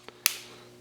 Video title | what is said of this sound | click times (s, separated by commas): OnePlus One Logic Board Motherboard Replacement How To Change | make it snap in all the way | 0.3 s